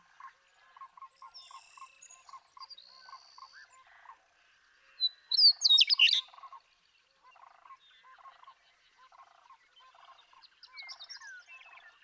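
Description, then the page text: Western meadowlark gives one loud, flutey, gurgling song midway, over a steady series of soft low chips. One male (Bird 1), Sierra Valley, eastern California, 2018. "Birdsong for the Curious Naturalist: Explore #7. 70. The joy of western meadowlark songs. Sierra Valley in eastern California where, during 2018"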